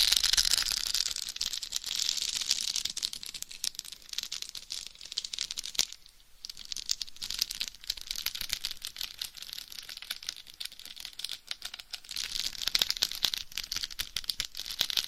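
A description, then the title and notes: Dense, crackly scratching on a head mic runs throughout, bright and rustling, with a brief near-silent pause around six seconds before resuming. ASMR Binaural Head Mic Scratching & Tapping INTENSE Head & Scalp Massage. No Talking.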